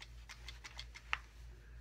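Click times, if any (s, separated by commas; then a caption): none. A battery is pressed into the battery compartment of a small novelty clock, giving a series of light taps and scratches with one sharper tick at about 1.1 s over a faint low hum. The battery does not snap in and only sits loosely in place, so nothing has seated or clicked yet.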